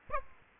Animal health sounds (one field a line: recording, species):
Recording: mosquito wingbeat signal from an infrared sensor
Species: Aedes aegypti